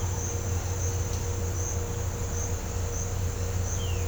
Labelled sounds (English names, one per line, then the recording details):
none
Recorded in pastures near Puerto Asís, Putumayo, Colombia, on 21 December 2024 at 09:00
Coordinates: 0.502, -76.324
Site G077